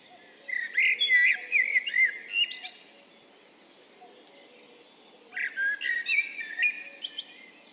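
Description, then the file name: Eurasian blackbird singing two fluty, warbled phrases, each closing in high squeaky twitters, with a pause of about two and a half seconds between them. "Turdus merula"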